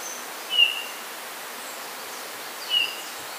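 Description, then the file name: Eurasian bullfinch giving two short, soft piping whistles about two seconds apart, over a steady background hiss. "Pyrrhula pyrrhula"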